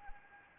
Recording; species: mosquito wingbeat signal from an infrared sensor; Anopheles arabiensis